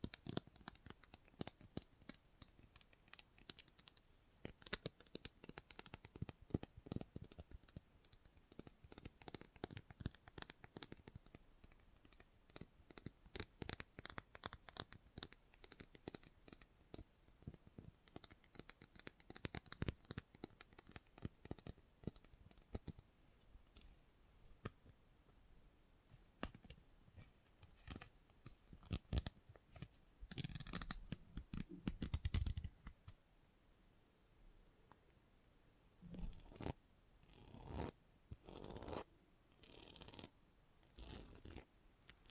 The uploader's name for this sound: Salon Haircut Head Massage, Scissors and Clipper